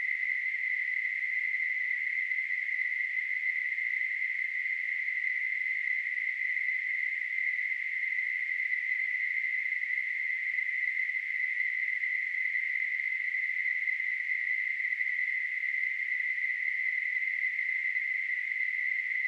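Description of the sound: Simulated tinnitus: a steady, unbroken band of hissing noise centred near 2 kHz, spread between roughly 1 and 4 kHz, with no low-frequency content. The sound comes from a tinnitus simulator on gtl.org.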